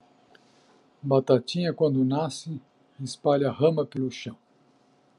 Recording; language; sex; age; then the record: short text; Brazilian Portuguese; male; 50 to 59 years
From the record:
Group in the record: control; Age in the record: 58 years